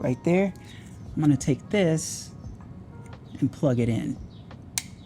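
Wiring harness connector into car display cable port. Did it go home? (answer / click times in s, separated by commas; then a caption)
yes / 4.8 s. Someone talks while a Tesstudio CarPlay module's wiring harness connector is plugged into the matching port on the Tesla screen cable. A sharp click at 4.8 s marks the connector seating fully in the port.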